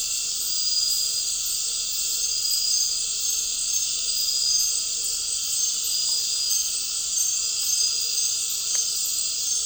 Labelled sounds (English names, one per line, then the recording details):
none
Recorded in dense forest near Puerto Asís, Putumayo, Colombia, on 4 March 2025 at 20:00
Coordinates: 0.467, -76.328
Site G041